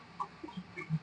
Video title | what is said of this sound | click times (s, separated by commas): ఇన్ని రోజుల తర్వాత AMAZON లో ఒక DRONE [unboxing] | లాక్ అయిపోయింది. | 0.2 s